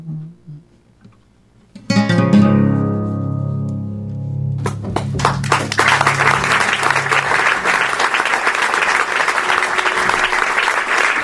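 A sustained, dense burst of audience applause and cheering, taken from a show before the pandemic, follows a sung or held musical note that fades out, the clapping staying loud and steady to the end.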